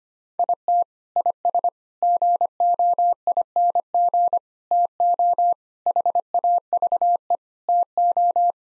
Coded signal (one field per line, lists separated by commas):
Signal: Morse code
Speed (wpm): 25 wpm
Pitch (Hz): 700 Hz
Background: none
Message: IT IS GOING TO HAVE TO